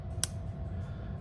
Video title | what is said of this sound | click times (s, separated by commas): Lamy 59 - A Brushed Stainless Steel CP1 | and the C posts securely with a positive click | 0.2 s